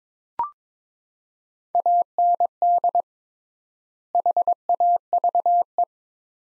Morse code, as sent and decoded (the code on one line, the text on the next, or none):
.- -. -.. / .... .- ...- .
AND HAVE